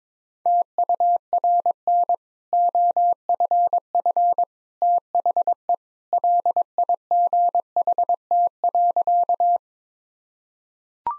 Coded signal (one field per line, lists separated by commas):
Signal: Morse code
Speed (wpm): 22 wpm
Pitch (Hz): 700 Hz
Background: none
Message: TURN OFF THE LIGHT.